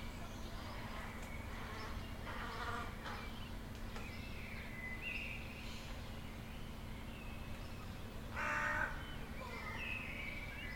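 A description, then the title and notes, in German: A town waking in the early morning, with a steady low hum running underneath throughout. Short bird calls and chirps come every second or two, and a buzzing insect-like sound passes briefly near the eighth second, slightly louder than the rest. Stadterwachen. Heute hören wir einer Stadt in den Morgenstunden beim Erwachen zu.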